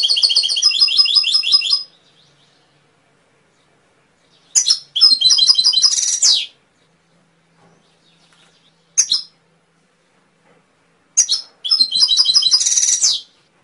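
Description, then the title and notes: Atlantic canary singing fast rolling trills of repeated bright notes, some phrases closing in a harsh buzzy roll, with short single chirps between longer bursts. Canary song, used as masteran training audio for songbirds. "PANCINGAN SUARA MASTERAN KENARI. masteran kicau kenari"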